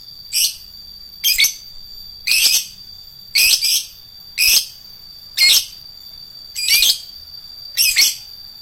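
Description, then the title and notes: Lovebird calls: a steady series of harsh high-pitched chirps, about one per second, some doubled. Adult fighter-type lovebird. "LOVEBIRD FIGTER. Lovebird Dewasa"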